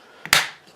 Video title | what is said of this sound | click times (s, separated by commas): How To Install Magpul SGA Stock On A Mossberg Shotgun | okay and then it's just a matter of putting this little cover on here that just snaps in place | 0.3 s